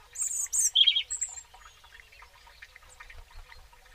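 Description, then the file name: European robin calls with sharp, very high thin notes at the start, then a lower burst, followed by faint scattered chirps. "Erithacus rubecula"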